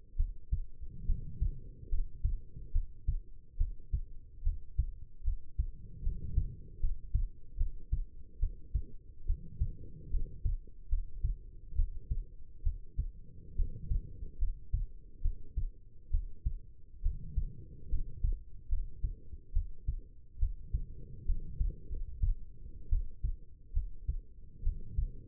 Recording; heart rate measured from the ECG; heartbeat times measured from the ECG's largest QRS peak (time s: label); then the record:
heart sounds by stethoscope; 71 bpm
0.16 s: heartbeat
1.05 s: heartbeat
1.89 s: heartbeat
2.71 s: heartbeat
3.57 s: heartbeat
4.42 s: heartbeat
5.23 s: heartbeat
6.02 s: heartbeat
6.79 s: heartbeat
7.57 s: heartbeat
8.39 s: heartbeat
9.25 s: heartbeat
10.10 s: heartbeat
10.88 s: heartbeat
11.75 s: heartbeat
12.62 s: heartbeat
13.55 s: heartbeat
14.38 s: heartbeat
15.21 s: heartbeat
16.10 s: heartbeat
17.01 s: heartbeat
17.88 s: heartbeat
18.68 s: heartbeat
19.52 s: heartbeat
20.38 s: heartbeat
21.25 s: heartbeat
21.88 s: heartbeat
22.89 s: heartbeat
23.72 s: heartbeat
24.62 s: heartbeat
From the record:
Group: healthy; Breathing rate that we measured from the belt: 15 breaths a minute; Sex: female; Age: 22 years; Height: 171 cm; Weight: 65.6 kg